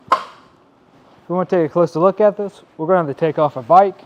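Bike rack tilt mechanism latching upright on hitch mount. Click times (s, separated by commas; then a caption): 0.1 s. A Kuat Piston Pro hitch bike rack for 3 bikes, mounted on a 2022 Nissan Rogue, is lifted back up by hand from its tilted-down position until its tilt latch clicks into the upright position, making a loud, sharp metallic clunk at 0.1 seconds. Someone then talks.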